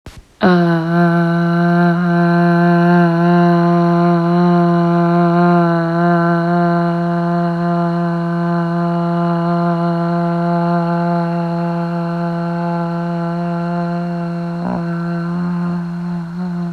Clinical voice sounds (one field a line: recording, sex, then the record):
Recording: sustained vowel /a/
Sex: female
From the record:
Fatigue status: no fatigue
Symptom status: symptomatic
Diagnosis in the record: COVID-19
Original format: m4a